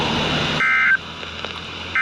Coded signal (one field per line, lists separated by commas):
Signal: Emergency Alert System (SAME) tones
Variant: end-of-message bursts